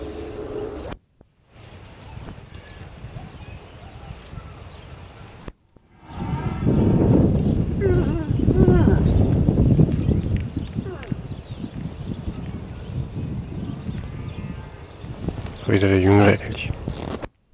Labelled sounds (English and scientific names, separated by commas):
Moose (Alces alces) call